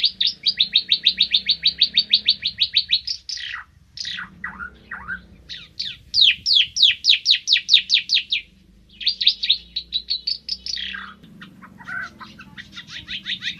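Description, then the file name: Ara timor: a bird sings long rattling trills of rapid clipped notes, broken by downward-slurred whistles, then further trills and a final burst of quick chips. "suara burung ara timor"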